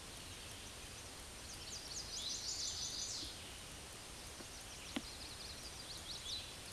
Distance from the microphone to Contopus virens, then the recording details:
about 85 m. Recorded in a Pennsylvania forest on 18 May 2023 at 09:37. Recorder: AudioMoth, point grid1_31_low. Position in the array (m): 178 m, 167 m